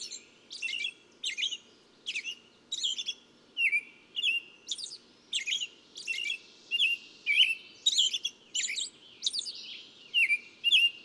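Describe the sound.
A bird chirps continuously in closely spaced notes, roughly two each second, mixing sharp ticks and short slurred whistles over a faint low hum.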